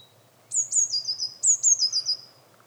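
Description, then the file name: Eurasian blue tit delivering two high, sharp notes and a falling trill, then repeating the same phrase right away, thin and silvery throughout. "Cyanistes caeruleus"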